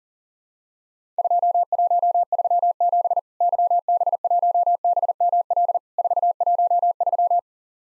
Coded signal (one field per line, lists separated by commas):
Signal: Morse code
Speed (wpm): 38 wpm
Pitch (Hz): 700 Hz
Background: none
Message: 2137 YB1BML 413